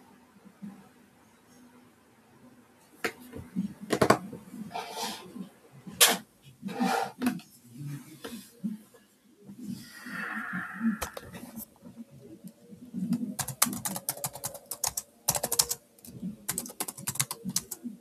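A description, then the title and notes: Typing on a keyboard, with sharp key clicks arriving in uneven bursts, sparse for the first few seconds, then busier, with dense rapid runs from about 13 to 16 seconds. A soft, low murmur and a brief hiss near 10 seconds sit underneath. Another typing-ASMR.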